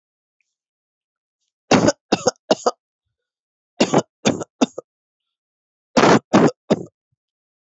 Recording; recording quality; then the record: heavy voluntary cough; excellent, no background noise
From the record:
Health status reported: healthy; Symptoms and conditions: none ticked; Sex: male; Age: 32 years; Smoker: not ticked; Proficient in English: yes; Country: India